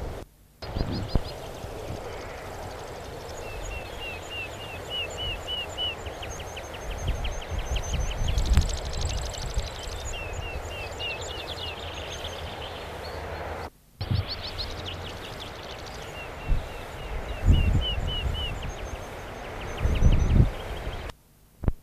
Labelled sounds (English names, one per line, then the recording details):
Meadow Pipit call
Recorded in the wild
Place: Herzberg am Harz, Niedersachsen, DE
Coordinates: 51.65, 10.34
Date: 1985-06-09
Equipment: Sony WM-D6C, Big Ear
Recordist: Skiba, Reinald